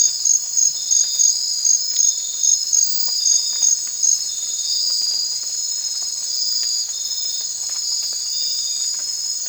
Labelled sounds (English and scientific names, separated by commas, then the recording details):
none
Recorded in secondary vegetation near Puerto Asís, Putumayo, Colombia, on 25 June 2025 at 02:00
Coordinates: 0.499, -76.323
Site G077